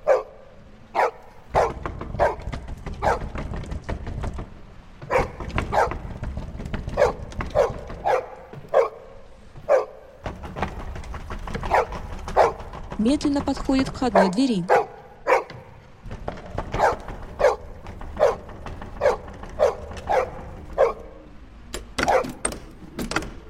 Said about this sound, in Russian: После входной двери лает собака.